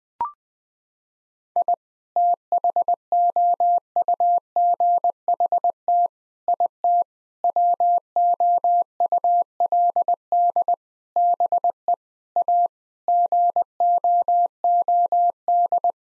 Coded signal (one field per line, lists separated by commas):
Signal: Morse code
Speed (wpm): 20 wpm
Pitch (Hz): 700 Hz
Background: none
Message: I THOUGHT IT WOULD BE A GOOD